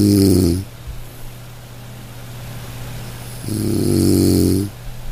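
Two loud, low, buzzing snores, each lasting just over a second, repeat about four seconds apart, roughly 15 a minute. Between them are quiet breathing and a steady low hum. This is gentle, regular, rhythmic snoring during sleep, with a monotonous droning quality.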